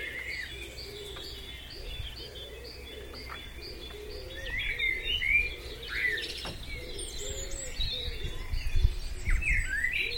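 A dawn chorus of blackbirds, robins, dunnocks and great tits in a Wiltshire village, with many birds singing at once in overlapping bright phrases. Low cooing notes repeat steadily underneath, and a soft rumble persists throughout, with the singing growing busier after the midpoint.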